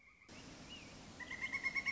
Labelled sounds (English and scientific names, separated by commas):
Pileated Woodpecker (Dryocopus pileatus)